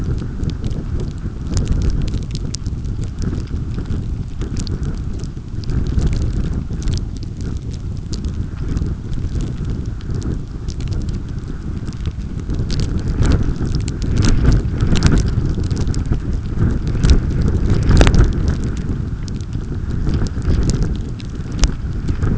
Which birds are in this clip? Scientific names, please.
none